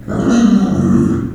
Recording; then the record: squeal of a Yucatan mini pig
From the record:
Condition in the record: after surgery on the right vocal fold (resection and tissue-engineered implant); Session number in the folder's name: 6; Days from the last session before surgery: 40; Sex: female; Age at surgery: 19 weeks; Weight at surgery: 25 kg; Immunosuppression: prednisolone